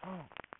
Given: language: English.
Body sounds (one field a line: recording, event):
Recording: throat vibration sensor signal played as sound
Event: throat clearing